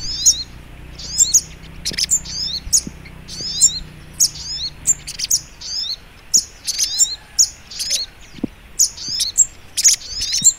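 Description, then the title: Thin, very high Little Spiderhunter notes with little downward trills, phrases following closely one after another over faint hum and occasional low taps. Training (masteran) recording of the Labaik song style. "Masteran Burung Sogok Ontong Labaik"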